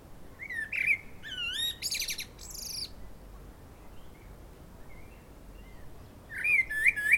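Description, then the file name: Common blackbird song in two bouts: wavering fluty whistles and high squeaky twitters, separated by a quiet stretch with faint notes. "Turdus merula"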